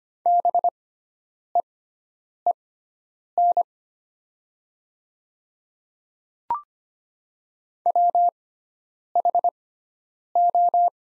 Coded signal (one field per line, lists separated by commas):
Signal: Morse code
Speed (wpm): 25 wpm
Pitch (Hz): 700 Hz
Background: none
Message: BEEN WHO